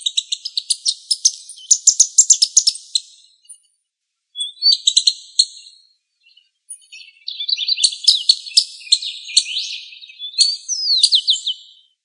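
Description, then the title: Bird song in a fast series of sharp, high chirps and twittering trills, short silences midway, then renewed rapid phrases with swept notes. "LuckyPassaro Completos2Sama"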